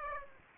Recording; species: mosquito wingbeat signal from an infrared sensor; Aedes aegypti